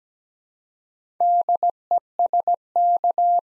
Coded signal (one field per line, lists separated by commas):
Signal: Morse code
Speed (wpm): 17 wpm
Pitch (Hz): 700 Hz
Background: none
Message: DESK